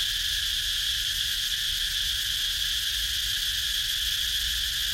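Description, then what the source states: Insects producing a continuous shrill buzzing drone that holds an even pitch and loudness across the whole stretch. Recorded in Ha Giang, Vietnam, at 21h (night).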